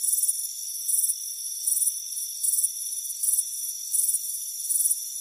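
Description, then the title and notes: Crickets produce regular shrill chirps, each a brief pulsed trill arriving about every three-quarters of a second, over a continuous high hum. Warm afternoon, front porch. "Soothing Crickets Chirping Sound. It's a warm afternoon as you relax in a hammock on the front porch. Deep Sleep Sounds"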